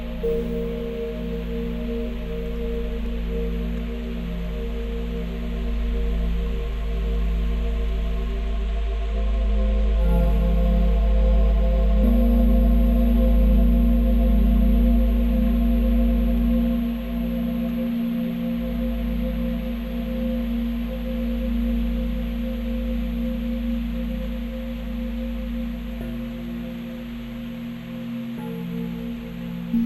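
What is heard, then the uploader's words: Wind chimes ring in long, overlapping tones that blend into a steady, humming wash over a deep rumble. New notes enter around ten and twelve seconds, shifting the low ringing, and the sound stays dense throughout, easing slightly in the last stretch. Collaborating with Meghan Fohl’s original field recording of wind chimes I composed a set of generative rules and probabilities for new scales, harmonies and rhythms within Wotja. Then I created a variety of synth sounds to enhance the chimes and added effects and field recordings of rain and thunder to create a dreamlike environment.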